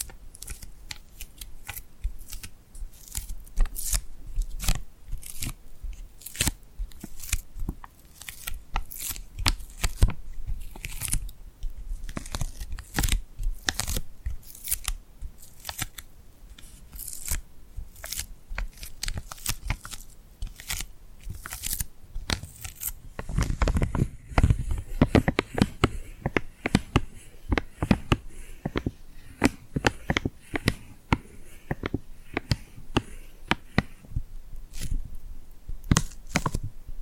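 Sticky glued hands tap, peel and rub in a dense stream of sharp bright crackles, growing busier and fuller after about twenty-three seconds.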